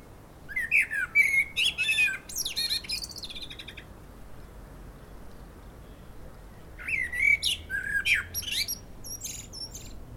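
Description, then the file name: Common blackbird song in two phrases, each opening with low rich fluting whistles and trailing into high, strained twittering notes, with a quiet gap between. "Turdus merula"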